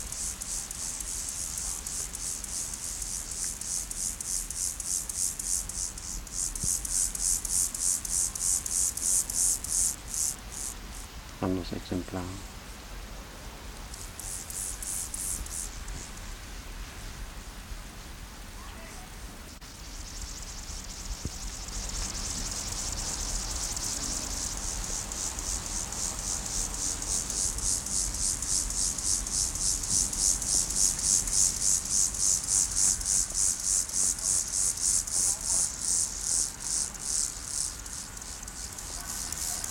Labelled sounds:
Meadow Grasshopper (Chorthippus parallelus) stridulation

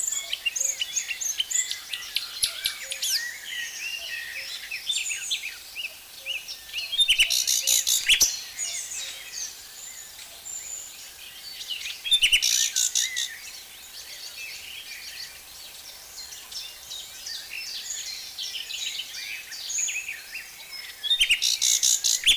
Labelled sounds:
Common Nightingale (Luscinia megarhynchos) song

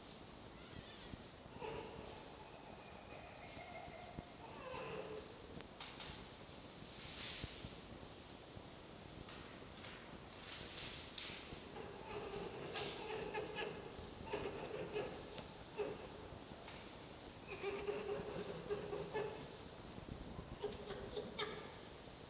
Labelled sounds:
Red Fox (Vulpes vulpes)

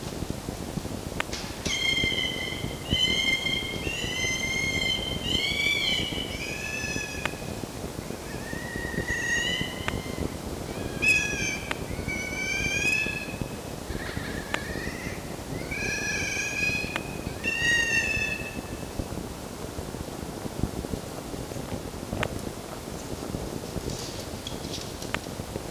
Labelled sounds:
Red Fox (Vulpes vulpes)

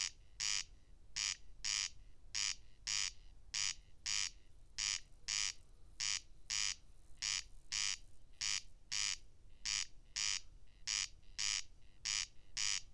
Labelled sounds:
Corn Crake (Crex crex) song

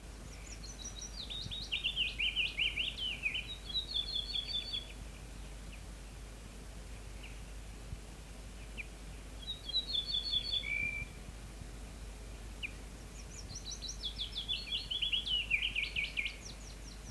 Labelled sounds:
Ortolan Bunting (Emberiza hortulana) song

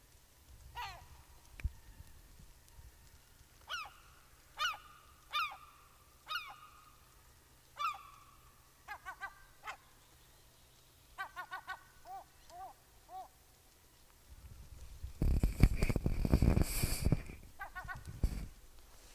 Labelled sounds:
Common Gull (Larus canus) call

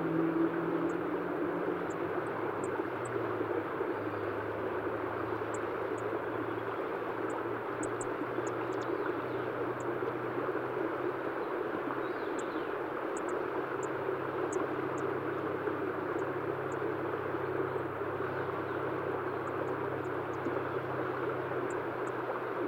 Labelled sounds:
Black-faced Bunting (Emberiza spodocephala) call

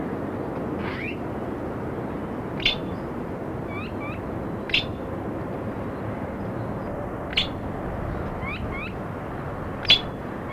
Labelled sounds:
Red-billed Blue Magpie (Urocissa erythroryncha) call

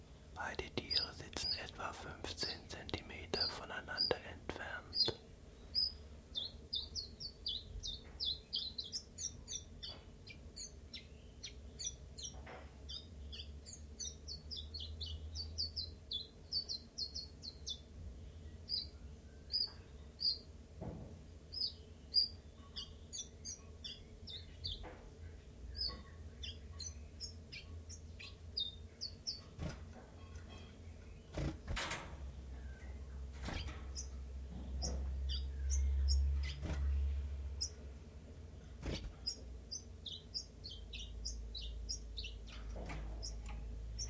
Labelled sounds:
Common Chiffchaff (Phylloscopus collybita)

